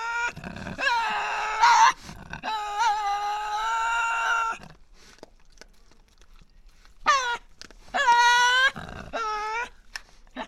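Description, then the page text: Tasmanian devil screeching calls: three strained harmonic cries, the middle one longest, with short harsh noisy bursts between and a quiet pause before the last. Resident devils in an enclosure at the Devils@Cradle conservation facility, Cradle Mountain, Tasmania, 24 October 2007. "Birdsong for the Curious Naturalist. Tasmanian devil. Inside an enclosure at the world-class conservation facility at Cradle Mountain, Tasmania"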